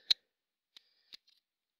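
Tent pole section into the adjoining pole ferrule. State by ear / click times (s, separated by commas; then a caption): seated / 0.1 s. A shock-corded tent pole for a Quechua Arpenaz 3 Fresh and Black tent is unfolded, and its elastic-corded sections snap into the adjoining pole ferrules on their own without effort. A sharp, bright click at 0.1 s shows a section seating, and fainter clicks follow near 0.8 s and 1.1 s. The pole section is seated.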